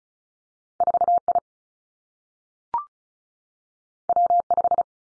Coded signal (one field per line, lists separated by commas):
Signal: Morse code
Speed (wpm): 36 wpm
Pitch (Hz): 700 Hz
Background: none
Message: 4 I W 5